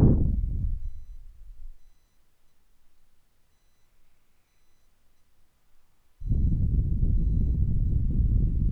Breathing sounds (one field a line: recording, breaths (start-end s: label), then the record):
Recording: nose breathing near a microphone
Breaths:
0.00-2.11 s: exhalation
3.50-6.27 s: inhalation
6.27-8.72 s: exhalation
From the record:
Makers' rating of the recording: medium